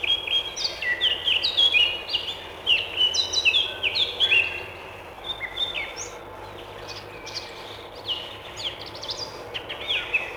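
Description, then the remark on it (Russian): A Eurasian blackcap sings a rich, fluting warble of rapid clear phrases, bright and loud in the first half, then softer, broken snatches of song over a steady low background hum. “Славка Черноголовка – один из самых даровитых и миловидных певцов. Послушаем ее.”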